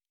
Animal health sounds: hydrophone in a shrimp aquaculture tank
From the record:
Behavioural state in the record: normal

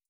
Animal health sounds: hydrophone in a shrimp aquaculture tank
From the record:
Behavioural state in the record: starved

